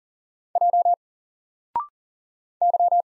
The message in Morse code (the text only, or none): J Y